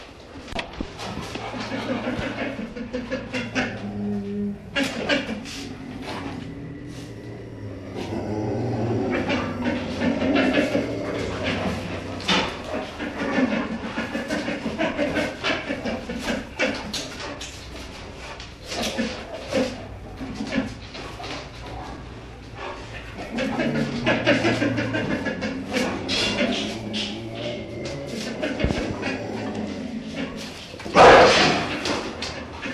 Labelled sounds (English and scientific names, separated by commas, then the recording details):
Sun Bear (Helarctos malayanus) call
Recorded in captivity
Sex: diverse
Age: diverse
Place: Tierpark Berlin, Berlin, DE
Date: 1965-11-06 11:00
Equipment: Uher 4000 Report-S, Transistorverstärker II, Sennheiser MD 421
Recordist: Tembrock, Günter